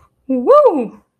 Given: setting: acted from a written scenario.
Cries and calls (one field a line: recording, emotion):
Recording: vocal sound without words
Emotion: triumph